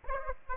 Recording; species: mosquito wingbeat signal from an infrared sensor; Aedes aegypti